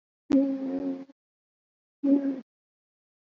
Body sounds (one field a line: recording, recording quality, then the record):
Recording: sustained vowel as in boot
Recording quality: moderate, slight background noise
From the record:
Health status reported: COVID-19 positive, mild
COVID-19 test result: positive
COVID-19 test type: RT-PCR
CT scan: not taken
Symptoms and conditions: cough, sore throat, fever, fatigue, hypertension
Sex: female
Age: 50 years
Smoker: no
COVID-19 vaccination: one dose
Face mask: worn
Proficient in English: no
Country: India